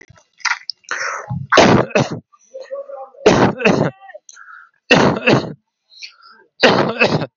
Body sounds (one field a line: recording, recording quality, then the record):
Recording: heavy voluntary cough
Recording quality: excellent, no background noise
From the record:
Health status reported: healthy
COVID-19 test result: not tested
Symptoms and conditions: none ticked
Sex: male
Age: 20 years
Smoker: not ticked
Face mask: not worn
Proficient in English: yes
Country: India